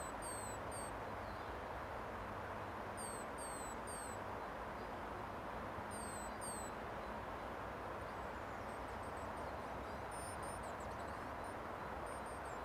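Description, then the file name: Great tit giving thin, high, downslurred notes in pairs and short runs, then a busier burst near the end, beneath a continuous loud rumbling hiss. "Parus major"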